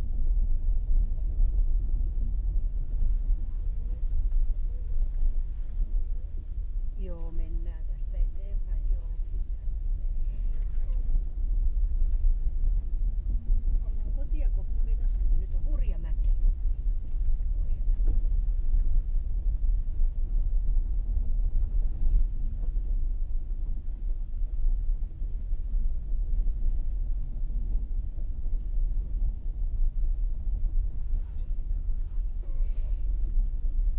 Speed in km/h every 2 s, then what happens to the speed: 11, 10, 10, 11, 11, 11, 11, 12, 12, 13, 9, 9, 10, 11, 10, 10, 11.
0-34 steady at about 11.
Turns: none.